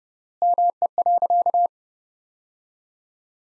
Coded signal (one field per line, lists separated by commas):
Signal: Morse code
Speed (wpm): 30 wpm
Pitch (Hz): 700 Hz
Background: none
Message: ME.